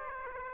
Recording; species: mosquito wingbeat signal from an infrared sensor; Aedes aegypti